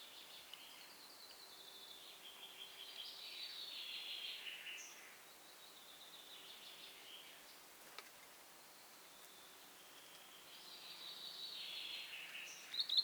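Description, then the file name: Common chaffinch giving two faint, high phrases that fall in pitch, separated by a quieter gap, over continuous soft background noise. "Fringilla coelebs"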